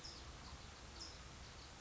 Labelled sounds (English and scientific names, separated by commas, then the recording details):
California Towhee (Melozone crissalis)
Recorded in Sonoma County, California